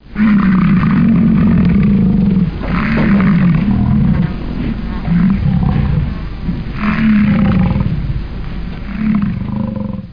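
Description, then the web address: Buffalo bellowing in long, low, rough moans, nearly continuous throughout. "omnia 101. Bufalo"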